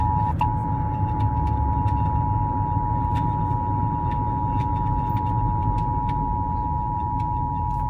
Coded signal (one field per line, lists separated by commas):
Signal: Emergency Alert System (SAME) tones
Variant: 853 and 960 Hz attention tone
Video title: 911 Telephone Outage Emergency on FM Radio [EAS #263] 11/3/14